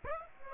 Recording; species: mosquito wingbeat signal from an infrared sensor; Aedes aegypti